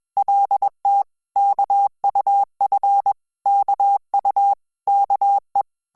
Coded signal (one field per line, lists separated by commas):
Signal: Morse code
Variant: Korean alphabet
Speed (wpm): 21 wpm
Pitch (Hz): 800 Hz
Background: none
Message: 거 인 이 아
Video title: Hangul Morse Code Listening Practice : Frog Prince IV - KOREA A1 CLUB